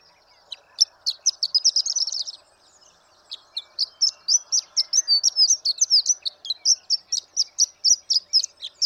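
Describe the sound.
Horned lark song, high and tinkling, with a quick sputtering burst, a brief pause, then a steady chain of sharp, slightly varied chips; faint low background hum.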